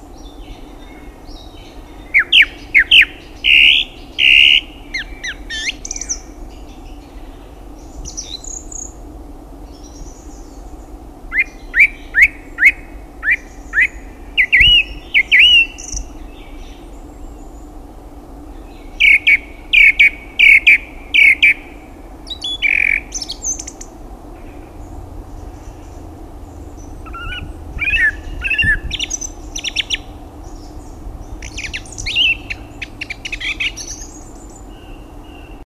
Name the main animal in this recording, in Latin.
Turdus philomelos